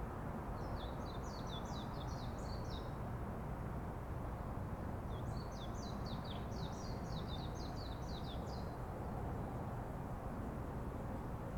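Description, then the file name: Bird song: two bursts of rapid high, descending chirped notes, the second longer, over steady low rumbling background noise. Birds singing in a forest. "singing birds in the forest"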